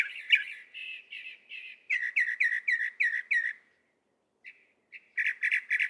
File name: Northern Mockingbird